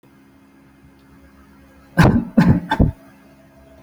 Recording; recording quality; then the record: shallow voluntary cough; excellent, no background noise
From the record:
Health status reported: healthy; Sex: male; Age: 45 years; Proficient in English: yes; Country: India